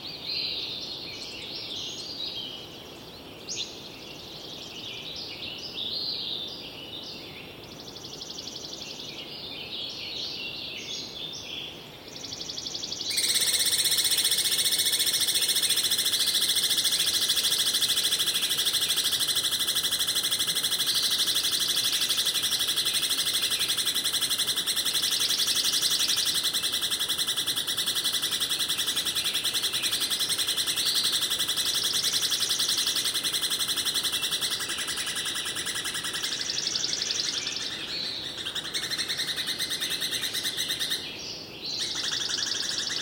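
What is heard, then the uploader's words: Small forest birds chirp and trill at dawn, their calls bright and scattered over a quiet background. Around thirteen seconds a loud, steady, high buzzing wall of sound rises and holds until about thirty-six seconds, then gives way to scattered bird calls again. Yuba Pass dawn chorus. Listen deep into the forest in this unusually quiet place along California's Highway 49. This clip is a stereo (Lo/Ro) mixdown of a six channel immersive surround recording (4.2.0). The microphones are Sennheiser MKH-8000 series. The recording was amplified 28dB for this upload.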